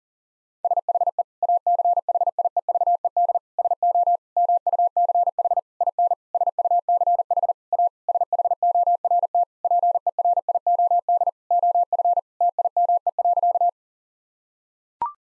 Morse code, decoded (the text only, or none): SHE ACHIEVED SO MUCH IN SUCH A SHORT PERIOD OF TIME.